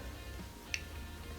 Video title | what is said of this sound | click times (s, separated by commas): ✨ Bottom Freezer Door Won’t CLOSE All the Way - EASY FIX - No Parts ✨ | give it a little push to make sure I get the click on both sides. | 0.7 s